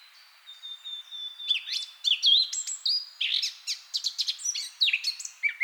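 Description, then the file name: Eurasian blackcap song: a thin drawn-out whistle, then a jumble of scratchy and whistled notes in quick irregular bursts. "Sylvia atricapilla"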